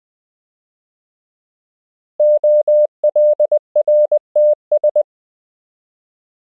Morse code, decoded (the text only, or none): OLRTS